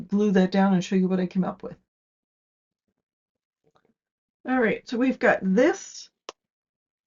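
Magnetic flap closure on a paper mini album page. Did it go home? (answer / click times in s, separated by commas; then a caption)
yes / 6.3 s. A paper/cardstock flap on a handmade mini photo album is closed, and the magnet hidden inside it snaps shut with a sharp click at 6.3 s. Someone talks before the click, and the flap closure seats.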